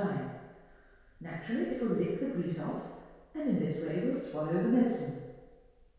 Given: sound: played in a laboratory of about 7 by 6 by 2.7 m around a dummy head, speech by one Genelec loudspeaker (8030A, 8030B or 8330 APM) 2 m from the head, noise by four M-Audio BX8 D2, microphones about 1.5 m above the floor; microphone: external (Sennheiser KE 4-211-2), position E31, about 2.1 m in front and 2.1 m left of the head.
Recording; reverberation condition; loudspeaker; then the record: female speech in English; high; 30 degrees to the left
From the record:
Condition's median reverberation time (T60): about 1300 ms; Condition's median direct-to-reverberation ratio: about -4.0 dB